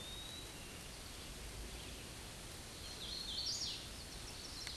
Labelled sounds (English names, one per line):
Hooded Warbler song